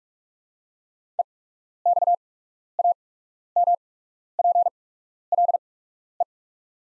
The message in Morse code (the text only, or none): EXAMPLE